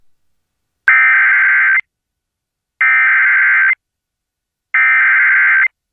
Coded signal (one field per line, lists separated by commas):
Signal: Emergency Alert System (SAME) tones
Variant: header bursts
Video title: Fred and the Buncha Floods | EAS Alerts from 8/17/21 (EAS #651-678)